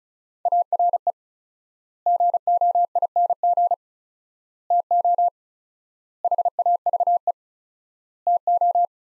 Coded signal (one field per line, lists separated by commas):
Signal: Morse code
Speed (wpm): 34 wpm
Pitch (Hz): 700 Hz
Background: none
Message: ARE GOING TO HAVE TO